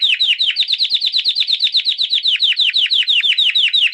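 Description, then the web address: Canary song made of quick, repeated downslurred chirps delivered in an even, rapid series. "Canary Canary Singing"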